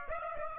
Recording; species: mosquito wingbeat signal from an infrared sensor; Aedes aegypti